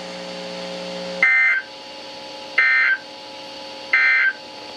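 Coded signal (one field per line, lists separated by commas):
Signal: Emergency Alert System (SAME) tones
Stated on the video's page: NOAA weather radio alerts received on a thrift-store Reecom R1650 set up in a garage, from 162.550, 162.475 and 162.450 MHz transmitters.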